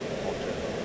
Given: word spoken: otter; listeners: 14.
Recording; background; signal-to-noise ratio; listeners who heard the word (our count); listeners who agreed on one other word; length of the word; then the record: one English word in noise, from a listening test; speech-shaped noise; -5.6 dB; 1 of 14; 6 of 14; 0.45 s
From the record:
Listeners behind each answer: 6, 2, 1, 1, 1, 1, 1, 1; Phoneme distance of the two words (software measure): 17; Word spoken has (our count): 2 syllables, 3 phonemes, stress on syllable 1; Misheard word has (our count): 2 syllables, 4 phonemes, stress on syllable 1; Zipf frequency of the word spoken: 3.80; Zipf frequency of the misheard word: 5.53